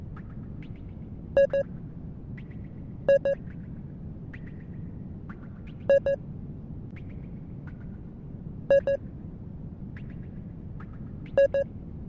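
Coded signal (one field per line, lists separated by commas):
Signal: none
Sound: game's repeating double beeps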